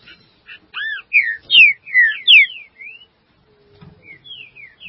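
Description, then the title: Green-winged saltator song: a quick string of strong, sweeping whistled notes, rising and falling, followed by fainter whistles after a brief gap. "Trinca Ferro"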